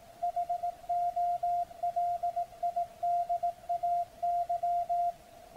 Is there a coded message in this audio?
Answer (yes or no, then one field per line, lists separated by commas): yes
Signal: Morse code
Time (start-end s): 0.2-5.1 s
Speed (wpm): 18 wpm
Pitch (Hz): 700 Hz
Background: none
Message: HOLIDAY